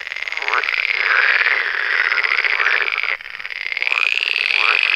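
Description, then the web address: Dense chorus of pool frogs, rapid rattling croaks running together without pause, with a few upward-sweeping notes breaking through. In a forest. "Tajemnice puszczy Zaba jeziorkowa"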